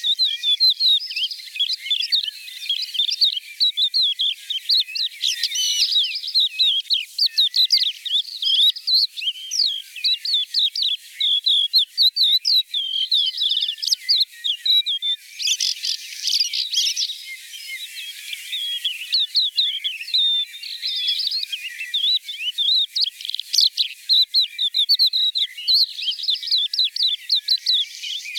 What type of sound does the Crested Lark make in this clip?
song